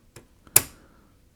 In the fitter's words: and it snaps into place and it's held down with a plastic bracket at the back